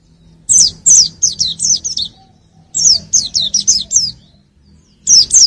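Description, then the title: White-eye singing high, fast chirping phrases of several quick notes, each burst followed by a brief pause. "pleci"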